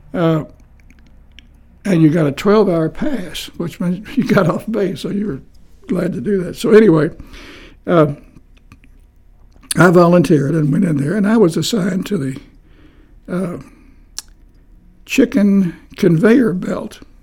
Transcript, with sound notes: that…and you got a twelve-hour pass, which meant [Chuckling] you got off base, so you were glad to do it, so anyway…I volunteered and went in there and I was assigned to the…chicken conveyor belt,